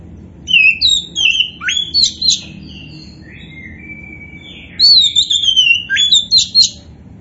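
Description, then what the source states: Oriental magpie-robin song: bright, varied whistled phrases mixing slurred notes and sharp chips, a drawn-out whistle in between, over a soft steady hum. Indonesian name kacer poci; described as gacor, meaning singing vigorously and continuously.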